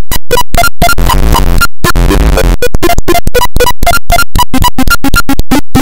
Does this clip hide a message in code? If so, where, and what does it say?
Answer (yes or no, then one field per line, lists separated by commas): no